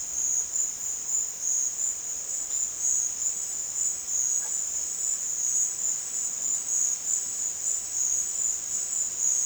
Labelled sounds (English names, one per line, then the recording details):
none
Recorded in dense forest near Puerto Asís, Putumayo, Colombia, on 4 March 2025 at 16:00
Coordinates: 0.481, -76.323
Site G088